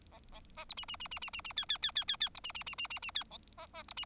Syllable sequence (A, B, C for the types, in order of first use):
A B C D D D D D D D E E E E E E C D D D D D D E A B B C D